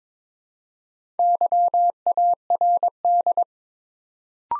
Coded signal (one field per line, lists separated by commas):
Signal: Morse code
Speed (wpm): 23 wpm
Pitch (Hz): 700 Hz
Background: none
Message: YARD